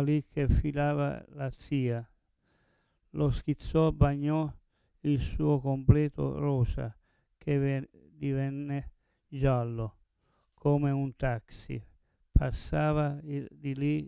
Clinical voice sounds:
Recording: read passage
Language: Italian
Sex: male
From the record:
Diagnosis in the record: Parkinson's disease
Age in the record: 70 years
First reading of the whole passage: 112 s, 4.6 characters per second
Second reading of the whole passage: 107 s, 4.9 characters per second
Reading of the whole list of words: 68 s, 4.1 characters per second

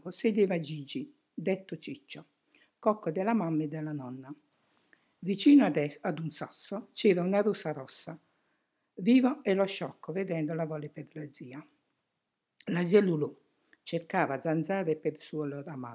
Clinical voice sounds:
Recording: read passage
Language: Italian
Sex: female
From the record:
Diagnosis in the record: healthy control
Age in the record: 68 years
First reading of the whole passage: 56 s, 9.3 characters per second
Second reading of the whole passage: 53 s, 9.8 characters per second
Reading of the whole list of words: 52 s, 5.4 characters per second

